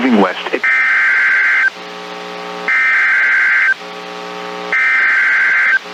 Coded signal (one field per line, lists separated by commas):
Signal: Emergency Alert System (SAME) tones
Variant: header bursts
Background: speech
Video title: ALL CAUGHT THROUGH MY TFT (EAS Alerts: #322 - 336) - 6/15/22